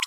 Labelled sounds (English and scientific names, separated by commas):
Green-rumped Parrotlet (Forpus passerinus) babbling